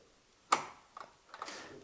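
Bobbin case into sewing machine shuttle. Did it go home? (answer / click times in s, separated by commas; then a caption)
yes / 0.5 s. A loaded metal bobbin case, held by its tab, is pushed into the shuttle race of a Sears Kenmore sewing machine and seats with a sharp, loud click at 0.5 s. Quieter small ticks and rattles follow around 1.0 s and 1.3 to 1.4 s.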